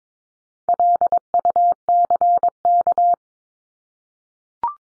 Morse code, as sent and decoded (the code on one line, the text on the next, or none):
.-.. ..- -.-. -.-
LUCK